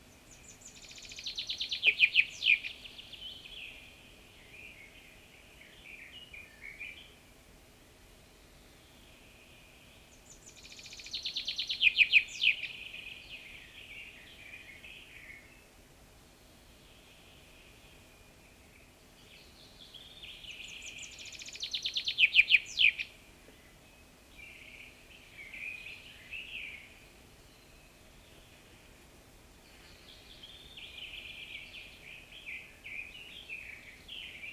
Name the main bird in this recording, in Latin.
Fringilla coelebs